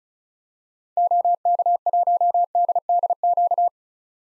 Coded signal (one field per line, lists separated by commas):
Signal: Morse code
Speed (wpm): 35 wpm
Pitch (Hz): 700 Hz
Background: none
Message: OK1DDQ